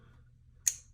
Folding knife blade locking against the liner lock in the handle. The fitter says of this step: bam snaps in place with the liner right over here